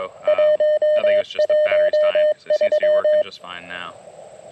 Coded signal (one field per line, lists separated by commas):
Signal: Morse code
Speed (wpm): 22 wpm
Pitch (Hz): 610 Hz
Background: speech, radio noise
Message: 113